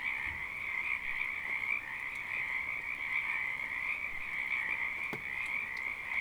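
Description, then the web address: Dense chorus of frogs, their raspy croaks merging into a constant trilling drone, with a few sharp drip sounds. Frogs calling during rain in Oregon, 2014. "Sonniss com - GDC 2018-Game Audio Bundle Discover Oregon - Wind and Storms Rain 2014 Frogs Rain"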